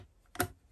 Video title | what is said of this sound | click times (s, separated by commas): American Girl Doll Top 4 Sets!! | And it should click in place like that. | 0.3 s